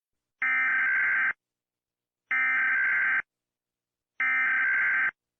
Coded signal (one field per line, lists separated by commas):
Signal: Emergency Alert System (SAME) tones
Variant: header bursts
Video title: Rating EAS Alarms! Part 1 PARTE 1